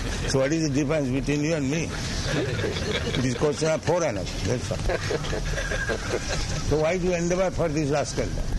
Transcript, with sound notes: So what is the difference between you and me? It is a question of four annas, that's all. [laughter] So why do you endeavor for this rascaldom,